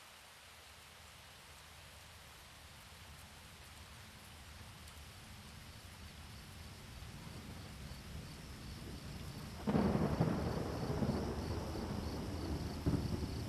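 Rain hisses steadily in a rainforest, slowly building louder, then jumps to a heavier, rumbling downpour near ten seconds with another surge at the end.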